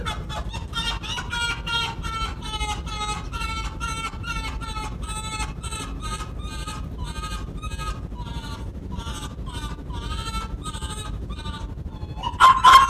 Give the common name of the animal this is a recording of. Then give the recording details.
Arctic Fox. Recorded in captivity. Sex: pair. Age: adult. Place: Zoologisches Institut der HUB, Berlin, DE. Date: 1957-04-17 11:45. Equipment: Elmetra. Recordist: Tembrock, Günter. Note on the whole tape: Fuchsanlage: "Nina" (wälzend): rhythmisches Begrüßungswinseln, "Teddy": Bellstrophe, kurz Muffen (Muckern); (mehrfach Schnitt)